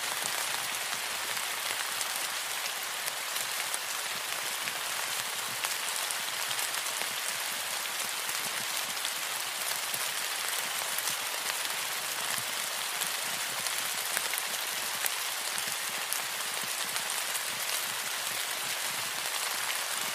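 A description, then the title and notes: Heavy tropical rain pours down steadily, a dense, bright hiss of countless drops on surfaces with no pauses and little low rumble. Tropical Rainstorm Sounds.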